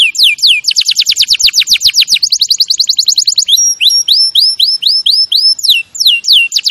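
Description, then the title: Canary delivering rapid chopped trills that speed up, then a series of rising slurred whistles and a few sharp downsweeps, all high. Champion canary song used as a master recording for training other birds. "Masteran Kenari Juara"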